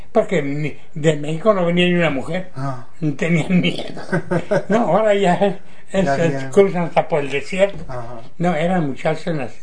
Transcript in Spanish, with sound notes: Porque de México no venía ni una mujer, tenían miedo. (risas) No, ahora ya ésas cruzan hasta por el desierto. No, eran muchachas nacidas.